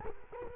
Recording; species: mosquito wingbeat signal from an infrared sensor; Culex quinquefasciatus